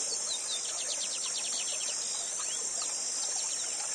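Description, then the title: Lined seedeater delivering rapid, repeated high chirping notes in a fast run, over a constant roar of falling water. Bigodinho called Gavião Negro, used as a song-teacher bird (professor de canto), singing live beside a waterfall. "Novo Canto de Bigodinho. Bigode Gavião negro professor de canto cantando ao vivo com cascata!"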